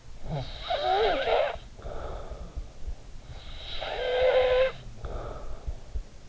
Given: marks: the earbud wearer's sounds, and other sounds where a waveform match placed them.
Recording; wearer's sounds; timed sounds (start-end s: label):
sounds in sleep by an in-ear microphone; snoring breath
0.07-2.84 s: snoring breath
3.35-6.29 s: snoring breath